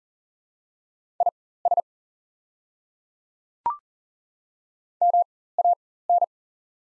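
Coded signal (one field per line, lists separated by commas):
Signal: Morse code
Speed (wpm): 40 wpm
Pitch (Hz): 700 Hz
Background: none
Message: IS MAN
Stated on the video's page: Morse practice of the top 200 words at 40wpm with 4x character spacing, Farnsworth-style timing for learners.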